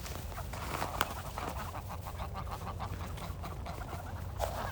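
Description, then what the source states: Goose: geese giving nasal, honking calls in short bursts, several birds calling over one another, with a steady low rumble of background noise throughout. Geese on snow, recorded 16 December.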